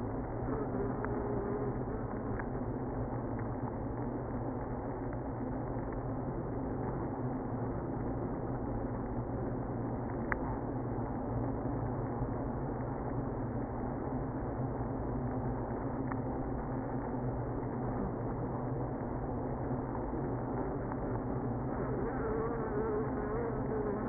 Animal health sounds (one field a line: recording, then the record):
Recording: honeybee colony, microphone inside the hive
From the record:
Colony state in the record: queenless (queen removed)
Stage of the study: after two queens were removed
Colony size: about 60,000 bees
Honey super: yes